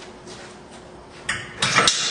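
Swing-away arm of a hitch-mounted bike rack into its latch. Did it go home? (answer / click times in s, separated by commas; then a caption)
yes / 1.3 s, 1.6 s, 1.9 s. The swing-away arm of a Yakima FullSwing hitch-mounted bike rack is swung back into its travel position, and its metal latch engages. Sharp metallic clicks sound at 1.3, 1.6 and 1.9 seconds over a quiet background. The arm is latched into place.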